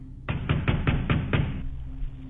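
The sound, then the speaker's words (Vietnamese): Six heavy, evenly spaced knocks pound on a wooden door in quick succession, each a deep, solid thud. A faint low hum lingers after they stop. “Bây giờ thì không còn là tiếng quan tài bị kéo nữa, mà tiếng đập thình thình vào cánh cửa.”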